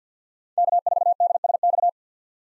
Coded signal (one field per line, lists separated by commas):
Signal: Morse code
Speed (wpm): 50 wpm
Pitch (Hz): 700 Hz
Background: none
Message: K4DSX